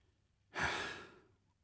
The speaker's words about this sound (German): Statt einer Antwort vernahm ich nur …s Schnarchen.